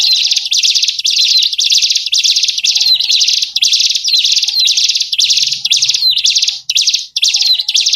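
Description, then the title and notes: Bird chatter, high and buzzy, pours out in near-continuous runs with brief breaks and some sliding chirps, and faint low whistles. Lure sounds to attract wary, stubborn birds that are hard to approach. "Suara Burung Bandel Yang Susah Mendekati. Kompilasi Suara Pikat Burung"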